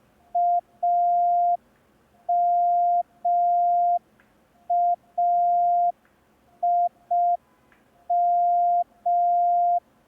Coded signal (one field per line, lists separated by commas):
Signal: Morse code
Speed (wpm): 5 wpm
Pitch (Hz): 700 Hz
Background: none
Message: AMAIM